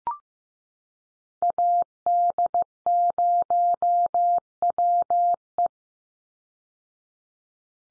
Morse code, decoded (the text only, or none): AD0WE